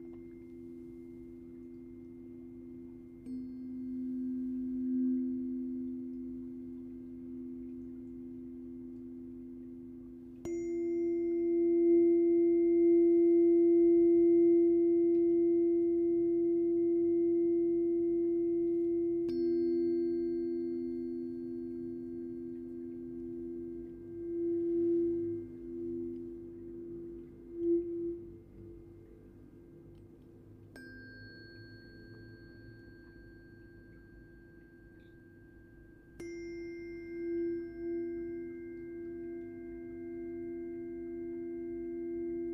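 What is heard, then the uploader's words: Tuning forks ring in long, pure sustained tones, one or two at a time, with fresh strikes near 3, 10, 19, 31 and 36 seconds. A low steady pair of tones hums underneath while higher pitches come and go, and the ringing swells and wavers slightly. In this track she held one or two forks at the same time- sometimes in one ear, sometimes in both- creating this enveloping sound that pierces the brain. As the strike of the forks by a rubber mallet activate them, the room slowly disappears as they come closer to your ears for a few seconds.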